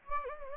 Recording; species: mosquito wingbeat signal from an infrared sensor; Anopheles gambiae